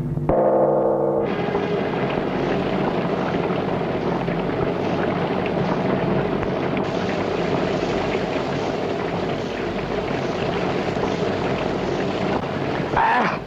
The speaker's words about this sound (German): Das ist ein Regen wieder, was? Überhaupt. Also ich muss sagen, wochenlang Sonne, Sonne, Sonne, dass einem die Zunge auf das Berliner Pflaster hängt. Jetzt seit gestern nichts als Regen, Regen, Regen.